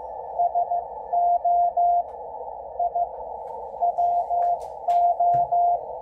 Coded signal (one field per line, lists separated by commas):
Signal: Morse code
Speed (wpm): 15 wpm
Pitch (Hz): 700 Hz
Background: none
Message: SO I WO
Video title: W1AW Amateur station decoding Yaesu FTdx10 transceiver using attenuator and DNR 80 meters shortwave